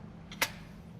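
A locking pin on a DIRTT Leaf modular furniture or wall unit is thrown at the far end after the unit docks into its receiver. Two sharp, short hits sound at 0.3 s and 0.4 s, the second louder. The pin snaps home and the unit is locked in place.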